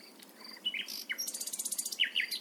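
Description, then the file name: Common nightingale: a brief burst of rapid, evenly repeated notes framed by a few short slurred chirps. "Luscinia megarhynchos"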